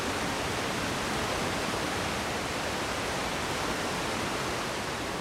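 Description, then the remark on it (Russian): A waterfall by a mountain river runs down between two large boulders: a steady, unbroken roar of falling water, a dense hiss spread evenly from low rumble to bright spray, holding the same strong level throughout with no voices. “Между двумя большими валунами стекает водопад.”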